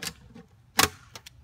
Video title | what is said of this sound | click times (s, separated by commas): How to Repair a Rusty Mailbox | you simply take out of the package and snap into place | 0.8 s